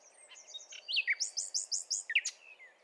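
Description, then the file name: Common nightingale song phrase: slurred whistled notes followed by five rich, evenly spaced repeated notes and a final sharp whistle. "Luscinia megarhynchos"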